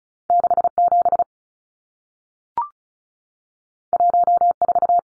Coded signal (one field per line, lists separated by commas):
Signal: Morse code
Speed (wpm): 36 wpm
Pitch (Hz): 700 Hz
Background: none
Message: 67 14